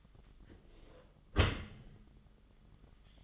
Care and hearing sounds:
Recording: daily activity, microphone in the room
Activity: close dishwasher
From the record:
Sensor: 4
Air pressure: 1005.5 hPa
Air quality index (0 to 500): 104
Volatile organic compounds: 2 ppm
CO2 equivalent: 1287 ppm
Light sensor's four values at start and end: 11/25/10/10 and 11/25/10/10

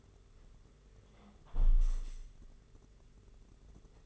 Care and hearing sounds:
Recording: daily activity, microphone in the room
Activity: close window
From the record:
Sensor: 4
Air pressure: 992.1 hPa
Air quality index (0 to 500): 102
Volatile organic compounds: 13 ppm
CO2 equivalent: 2416 ppm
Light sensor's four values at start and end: 23/78/28/30 and 22/77/28/30

